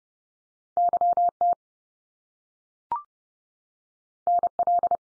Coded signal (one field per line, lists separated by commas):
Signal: Morse code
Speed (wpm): 30 wpm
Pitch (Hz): 700 Hz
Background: none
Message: YT NL